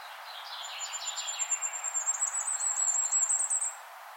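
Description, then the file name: Common firecrest song: a very high, thin run of rapid notes that swells over about three seconds, with softer, lower chirps at the start. "Sommergoldhähnchen Gesang"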